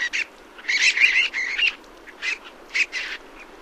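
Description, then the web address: Rock sandpiper calling with scratchy, buzzy notes, a longer rattling burst in the middle, then a few separate harsh chips. "Songs of Birds of North America Stokes. Rock Sandpiper"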